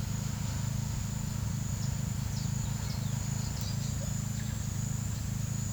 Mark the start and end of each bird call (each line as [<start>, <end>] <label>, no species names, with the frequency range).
[1.22, 4.04] bird call (2.9-7.0 kHz)